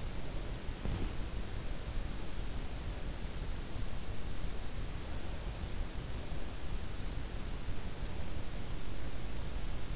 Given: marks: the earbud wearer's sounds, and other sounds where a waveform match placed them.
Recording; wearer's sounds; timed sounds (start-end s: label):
sounds in sleep by an in-ear microphone; breath
0.00-1.25 s: breath